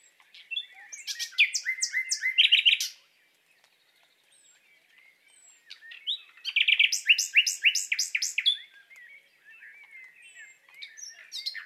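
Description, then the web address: Common nightingale singing two loud phrases of rapid, rich repeated notes, separated by a quiet gap with faint soft notes. Courting song. "annee nature rossignol amoureux"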